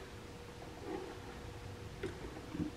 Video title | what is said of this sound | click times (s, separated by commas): How to replace the belts and blades on a Swisher T 60 mower | wait for the click make sure that it's fully engaged that's good | 2.0 s